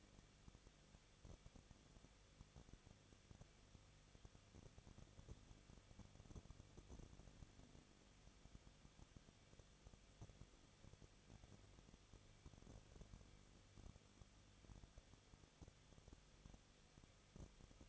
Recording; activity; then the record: daily activity, microphone in the room; no activity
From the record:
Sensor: 4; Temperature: 23.0 degrees Celsius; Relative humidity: 34.0%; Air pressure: 1007.4 hPa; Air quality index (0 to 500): 213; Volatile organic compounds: 14 ppm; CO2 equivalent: 2447 ppm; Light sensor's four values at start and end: 2/3/1/1 and 2/3/1/1